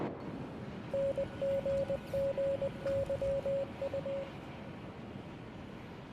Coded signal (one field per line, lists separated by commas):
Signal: Morse code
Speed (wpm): 22 wpm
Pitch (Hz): 550 Hz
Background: none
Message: NGGYU